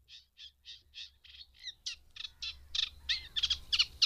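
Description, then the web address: Eurasian reed warbler, rhythmic chattering song beginning with soft evenly spaced notes, then growing louder with doubled and tripled harsh phrases toward the end. "Madardalok Cd 3 Cserregő nádiposzáta"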